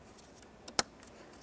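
The second electrical connector is pushed into the turn signal combination switch of a 2005-2010 Chevrolet Cobalt. A faint tick comes at 0.7 s, then a sharp click at 0.8 s as it seats. A soft tick follows at 1.0 s.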